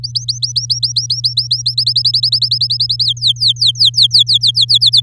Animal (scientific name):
Serinus canaria